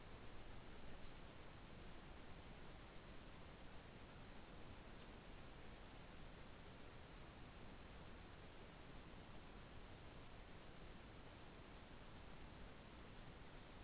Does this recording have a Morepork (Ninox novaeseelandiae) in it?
no